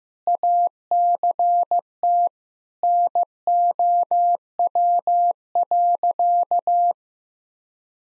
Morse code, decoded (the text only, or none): ACT NOW.